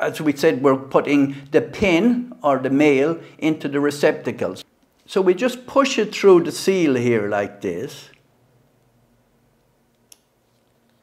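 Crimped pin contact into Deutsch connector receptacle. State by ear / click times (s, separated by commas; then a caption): seated / 10.1 s. A man talks for about eight seconds while a crimped solid male pin is pushed through the rubber seal into a Deutsch connector receptacle cavity. After a quiet pause, a single short, sharp click is heard at 10.1 s as the pin locks in place and is seated.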